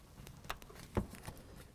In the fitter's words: Tab's locked.